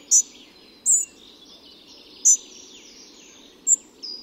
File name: MUCHOŁÓWKA SZARA